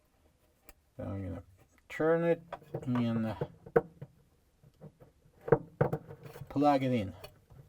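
Someone talks while turning a wiring harness plug toward a new Whirlpool/KitchenAid/Maytag refrigerator thermostat (WPW10511937), with its locking tab on the back, ready to push it on. A few brief handling taps are heard between the words. The plug has not been pushed home: nothing has seated or clicked yet.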